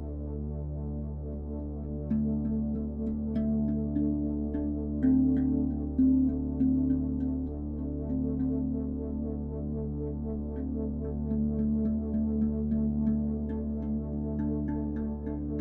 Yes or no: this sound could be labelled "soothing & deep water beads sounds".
no